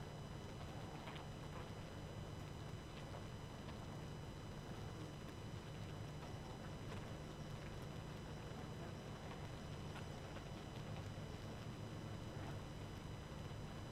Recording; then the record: honeybee colony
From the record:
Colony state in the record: active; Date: 12 June 2018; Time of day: 22:04